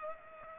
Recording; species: mosquito wingbeat signal from an infrared sensor; Culex pipiens